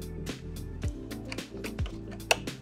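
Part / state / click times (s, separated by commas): glass vapor duct with clip into rotary evaporator drive unit / seated / 2.3 s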